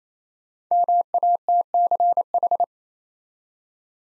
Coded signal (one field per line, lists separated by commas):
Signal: Morse code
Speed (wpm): 28 wpm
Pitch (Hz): 700 Hz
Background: none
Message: MATCH